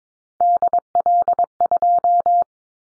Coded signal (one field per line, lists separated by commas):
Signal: Morse code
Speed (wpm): 22 wpm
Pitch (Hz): 700 Hz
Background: none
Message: DL2